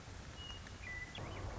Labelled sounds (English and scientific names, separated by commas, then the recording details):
Western Meadowlark (Sturnella neglecta)
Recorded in Sonoma County, California